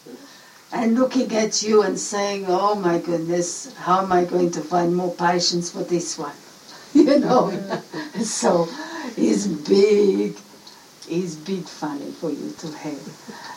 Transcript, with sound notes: and looking at you and saying, Oh my goodness how am I going to find more patience for this one, you know. (laughter) So is big, is big funny for you to have.